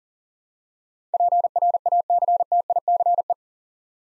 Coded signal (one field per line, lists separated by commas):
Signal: Morse code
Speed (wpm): 42 wpm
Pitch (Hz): 700 Hz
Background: none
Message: PRACTICE